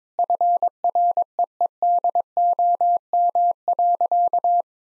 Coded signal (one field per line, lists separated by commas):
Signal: Morse code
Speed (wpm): 22 wpm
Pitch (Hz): 700 Hz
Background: none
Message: FREEDOM.